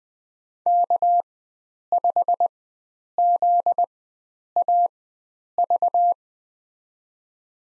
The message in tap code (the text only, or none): none